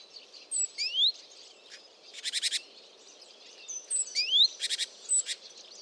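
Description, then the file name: Great tit style calls: upswept whistled notes followed by short buzzy rattles, twice, with noticeable background hiss. "Parus major"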